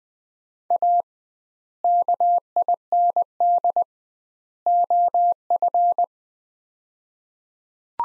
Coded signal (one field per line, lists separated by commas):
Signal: Morse code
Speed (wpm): 20 wpm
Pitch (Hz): 700 Hz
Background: none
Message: A KIND OF